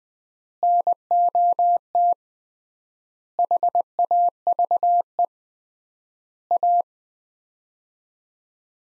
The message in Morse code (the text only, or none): NOT HAVE A